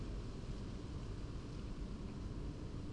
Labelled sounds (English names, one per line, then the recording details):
none
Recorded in Germany
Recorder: ecoPi